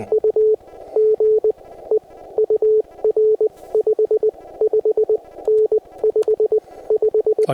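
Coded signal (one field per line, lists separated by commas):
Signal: Morse code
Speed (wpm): 20 wpm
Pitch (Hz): 430 Hz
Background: none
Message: UGE UR 55N 55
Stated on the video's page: POTA CW activation from Pinnacles National Park: Yaesu FT-891, 50 watts, US Morse straight key, 17-ft whip on tripod, battery power.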